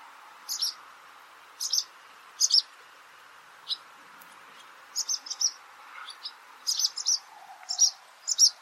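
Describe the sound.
Barn swallow calls, short high chirps often given in doubled notes, repeated irregularly every second or so over a faint steady hum.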